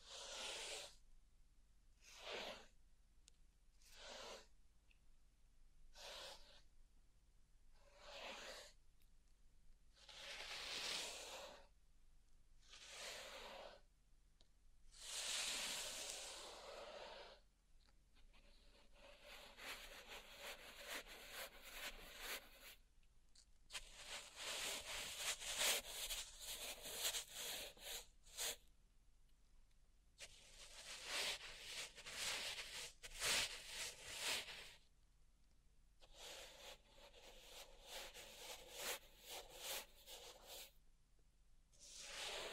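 Raking and rubbing sounds through pink salt in a small zen garden, grainy and hissy. The first third comes in separate strokes every second or two; the middle turns into denser, nearly continuous scratching with brief pauses, then distinct strokes return near the end.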